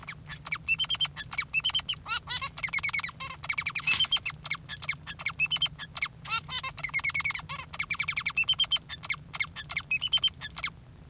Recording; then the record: song of a male Bengalese finch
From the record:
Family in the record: father 3